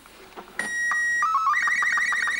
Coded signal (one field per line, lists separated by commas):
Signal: SSTV (slow-scan television)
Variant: Robot 36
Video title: Trasmissione in SSTV